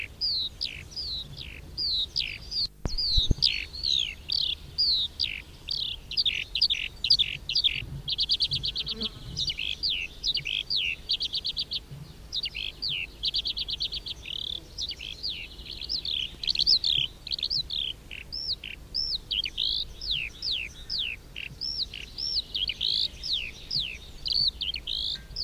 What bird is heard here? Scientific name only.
Alauda arvensis